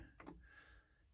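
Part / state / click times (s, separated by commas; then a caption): LED bulb into plastic headlight housing of RC car body / seated / 0.2 s. The second LED bulb from a Traxxas Chevy Blazer (8038) LED light kit is pressed into the plastic headlight housing of the RC car body. It gives a quiet snap at 0.2 s, followed by a fainter tick at 0.3 s. A steady high hum continues underneath, and the bulb is seated.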